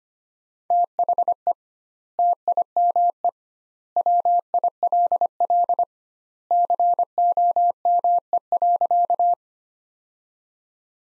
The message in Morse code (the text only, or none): THE TIME WILL COME.